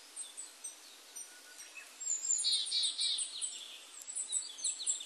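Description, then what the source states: Willow tit call: a run of three or four nasal, buzzy 'dee' notes after a quieter start, with thin high notes trailing off and a soft hiss behind. Recorded 12 April 1998.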